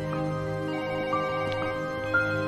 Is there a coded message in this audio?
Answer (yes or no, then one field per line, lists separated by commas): no